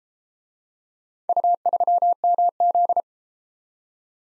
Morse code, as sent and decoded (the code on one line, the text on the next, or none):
..- ...-- -- --..
U3MZ